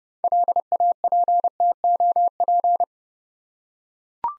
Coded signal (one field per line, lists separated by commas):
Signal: Morse code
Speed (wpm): 30 wpm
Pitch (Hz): 700 Hz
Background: none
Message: LAPTOP